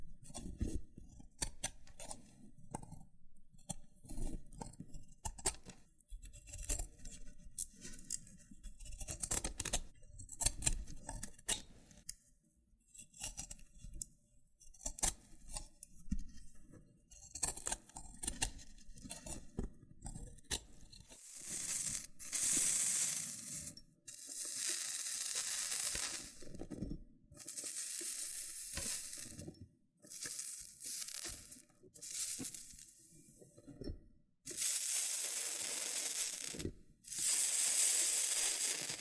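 Loofah handling with scratchy peeling and small popping clicks. The first twenty seconds bring dense, uneven crackles and rubbing; after that, brighter hissing scrapes come in long strokes every second or two, separated by brief silences.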